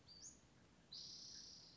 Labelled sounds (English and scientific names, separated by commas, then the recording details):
Western Flycatcher (Empidonax difficilis)
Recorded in Sonoma County, California